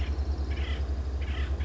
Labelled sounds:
Acorn Woodpecker (Melanerpes formicivorus)
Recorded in Sonoma County, California

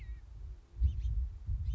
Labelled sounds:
House Finch (Haemorhous mexicanus)
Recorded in Sonoma County, California

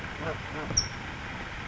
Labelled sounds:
California Towhee (Melozone crissalis)
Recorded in Sonoma County, California

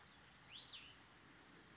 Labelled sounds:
Cassin's Vireo (Vireo cassinii)
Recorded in Sonoma County, California

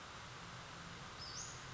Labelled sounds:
Western Flycatcher (Empidonax difficilis)
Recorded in Sonoma County, California

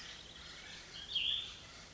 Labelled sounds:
Cassin's Vireo (Vireo cassinii)
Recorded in Sonoma County, California

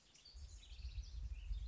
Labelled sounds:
House Wren (Troglodytes aedon)
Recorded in Sonoma County, California

